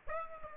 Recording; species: mosquito wingbeat signal from an infrared sensor; Aedes aegypti